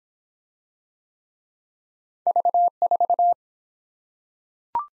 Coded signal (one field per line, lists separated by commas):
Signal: Morse code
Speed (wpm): 23 wpm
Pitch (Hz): 700 Hz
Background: none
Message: V4